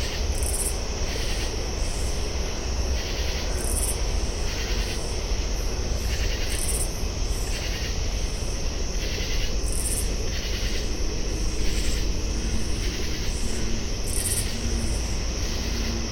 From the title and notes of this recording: This is the song of the Oblong-winged Katydid. There are at least two calling. This was recorded at the edge of the canal at the mouth of the west Dyke Marsh in Alexandria, VA. At 10:12PM (75 degrees). Recorded with a Fostex FR-2, Sennheiser ME-62, Telinga Parabola.